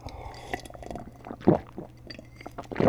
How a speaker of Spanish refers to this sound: Bueno, despois desta pequena reflexión, vou a beber un vaso de agua e seguimos co programa.